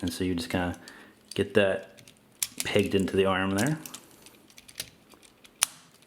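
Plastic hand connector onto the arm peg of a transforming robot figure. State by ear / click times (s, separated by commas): seated / 5.6 s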